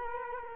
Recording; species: mosquito wingbeat signal from an infrared sensor; Culex quinquefasciatus